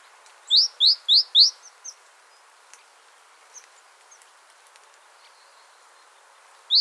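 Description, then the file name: Great tit calls: four quick rising chips in a fast burst, then a long pause with faint high ticks before one more chip at the end. "Parus major"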